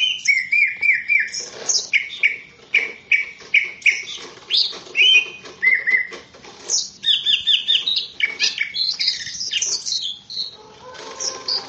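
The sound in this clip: Greater green leafbird song starting with a repeated whistled note, then shifting into varied chirps, slurs and rapid twittering phrases with short gaps between bursts.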